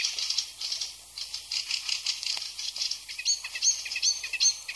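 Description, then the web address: Icterine warbler song of rapid buzzy rattling notes followed by thin high repeated whistles. "ljud Hippolais icterina"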